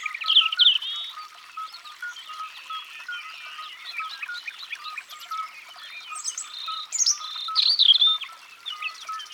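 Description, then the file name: European robin song, high thin warbled phrases with sharp rising and falling notes, loudest at the start and near the end, over a steady lower repeated note. "Rougegorge familier"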